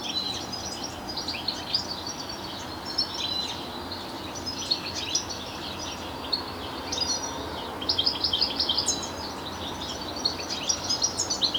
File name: Carduelis carduelis